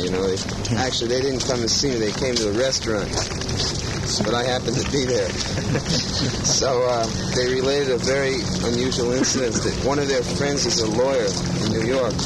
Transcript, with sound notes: You know they... Actually, they didn't come to see me, they came to the restaurant, but I happened to be there. [Prabhupāda laughs] So, ah, they related a very unusual incident that one of their friends is a lawyer in New York.